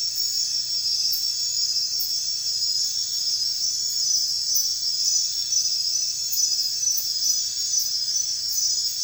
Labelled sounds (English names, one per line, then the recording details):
none
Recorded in secondary vegetation near Puerto Asís, Putumayo, Colombia, on 29 June 2025 at 03:30
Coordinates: 0.498, -76.327
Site GP09